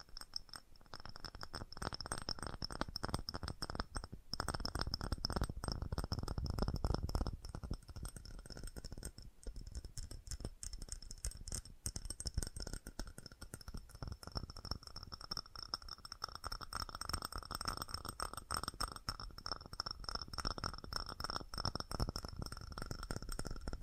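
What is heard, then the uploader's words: Fast tapping runs almost without pause from the first second to the end, a dense, rapid patter of sharp clicks that stays fairly even in loudness. A faint steady high whine and a thinner mid tone hum underneath throughout. FAST TAPPING (No Talking).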